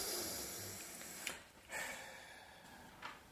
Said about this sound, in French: J'entends ta respiration.